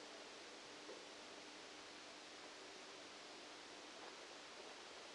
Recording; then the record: brain microelectrode recording played as sound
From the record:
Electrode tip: outside the subthalamic nucleus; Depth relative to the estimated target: 7 mm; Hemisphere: left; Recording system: NeuroSet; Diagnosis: Parkinson's disease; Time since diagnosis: 8 years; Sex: male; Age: 65 years